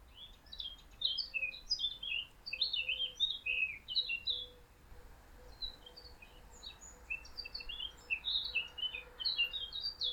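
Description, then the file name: Eurasian blackcap with a lively, tumbling series of high chirps and warbled notes, briefly pausing midway, then resuming; a faint low tone runs beneath. "Sylvia atricapilla"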